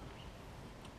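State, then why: Not seated. A new spring is being worked by hand into a metal external wastegate housing on a twin-turbo Subaru. Only steady low rumble and faint background noise are heard. Nothing has seated or clicked yet.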